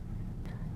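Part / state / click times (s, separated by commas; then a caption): cold therapy pad hose connector into cooler unit hose connector / seated / 0.5 s. A cold therapy pad's hose connector on a DonJoy Iceman 1100 Cold Therapy Unit is linked to the cooler unit's hose connector after its silver buttons are pressed in. Over a steady low hum, one sharp click is heard at 0.5 s, and the connector seats; this is one of the two expected clicks, one from each connector.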